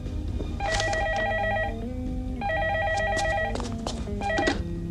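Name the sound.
telephone ringing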